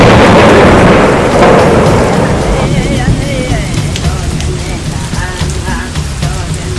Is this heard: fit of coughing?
no